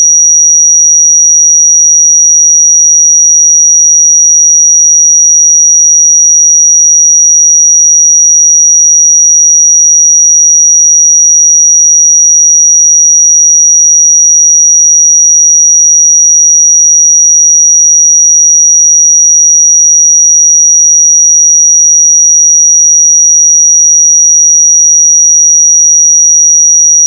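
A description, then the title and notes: A pure sine tone at 5771 Hz holds perfectly steady for the whole clip, a single thin, piercing whistle with no change in pitch or loudness. Nothing else is audible behind it; the background is silent. 5771 Hz 1 Hz Interval Sine Pure Tone Frequency 441000 Sample Mono.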